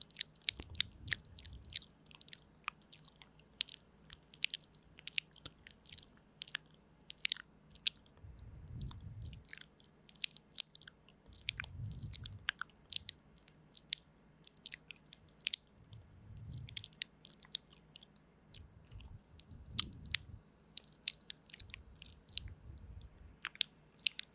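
Soft, slow mouth sounds and whispering, with frequent crisp clicks and wet smacks scattered throughout and low murmured breaths every few seconds.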